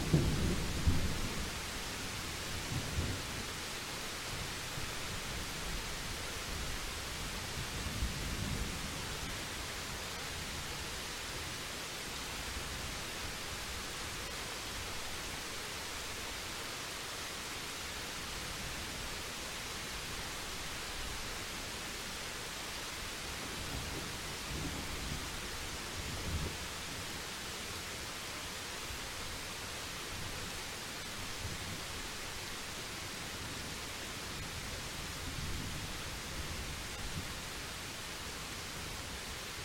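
A thunderstorm plays out as a steady, dense hiss of rain that holds level for the whole forty seconds. Low rumbles of thunder rise underneath near the start, around eight seconds, and again around twenty-five seconds, then fade back into the rainfall.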